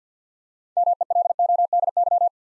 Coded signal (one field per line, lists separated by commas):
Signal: Morse code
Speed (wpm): 47 wpm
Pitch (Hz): 700 Hz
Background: none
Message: MELODY